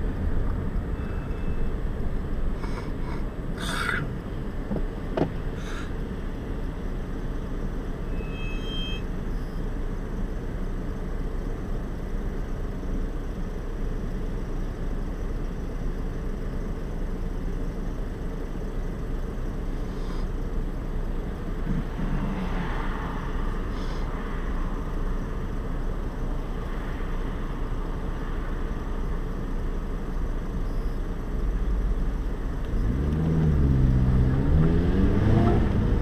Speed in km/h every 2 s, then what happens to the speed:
8, 0, 0, 0, 0, 0, 0, 0, 0, 0, 0, 0, 0, 0, 0, 0, 6, 25.
1-31 standing. 31-36 pulls away to 25.